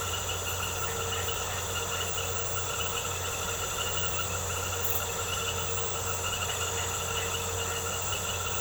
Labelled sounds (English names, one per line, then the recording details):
none
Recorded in secondary vegetation near Puerto Asís, Putumayo, Colombia, on 4 March 2025 at 20:00
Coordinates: 0.468, -76.324
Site G059